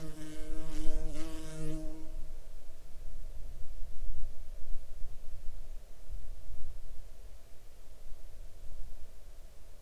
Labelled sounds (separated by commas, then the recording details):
insects
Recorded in the Arctic National Wildlife Refuge, Alaska, on 10 June 2019 at 11:38
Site 41